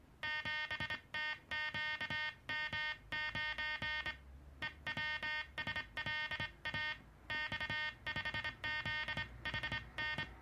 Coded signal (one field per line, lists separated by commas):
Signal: Morse code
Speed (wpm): 25 wpm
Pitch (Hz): 1850 Hz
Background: music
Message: 7TQM9 EWSLA X5ZHN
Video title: SidesWiper (Cootie) morse code key KDM 2 made in USSR.